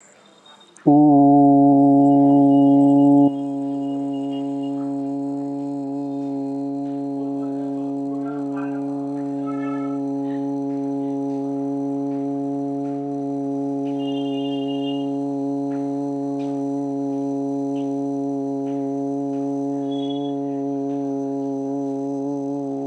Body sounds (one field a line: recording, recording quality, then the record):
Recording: sustained vowel as in boot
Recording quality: excellent, no background noise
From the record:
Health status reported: healthy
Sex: male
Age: 28 years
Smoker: no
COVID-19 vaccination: one dose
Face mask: not worn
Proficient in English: yes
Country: India